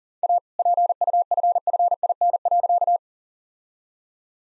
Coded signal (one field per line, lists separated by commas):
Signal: Morse code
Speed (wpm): 40 wpm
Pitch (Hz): 700 Hz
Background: none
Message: A PUFFIN.